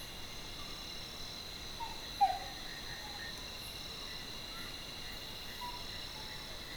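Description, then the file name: Malaysian tree-hole frog giving a short, resonant tonal note near the middle, set against a steady high insect chorus. "Metaphrynella pollicaris"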